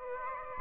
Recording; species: mosquito wingbeat signal from an infrared sensor; Aedes aegypti